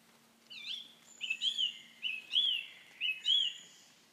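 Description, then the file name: Common nightingale song: rich looping phrases repeated about once a second, full and warbling. "Nachtegaal"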